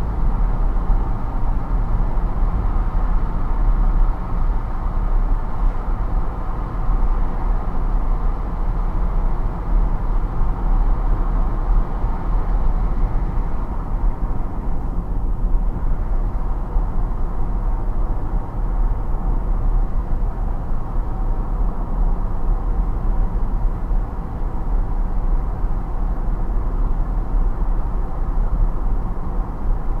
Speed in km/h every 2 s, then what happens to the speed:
74, 72, 72, 70, 68, 70, 70, 70, 70, 70, 70, 70, 70, 70, 70.
0-8 slows to 68. 8-30 steady at about 70.